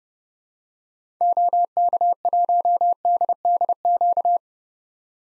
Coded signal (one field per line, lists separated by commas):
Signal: Morse code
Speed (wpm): 32 wpm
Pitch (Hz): 700 Hz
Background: none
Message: OK1DDQ